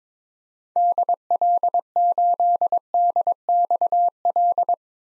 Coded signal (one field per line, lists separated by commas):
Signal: Morse code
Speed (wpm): 22 wpm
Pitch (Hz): 700 Hz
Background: none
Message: DL8DXL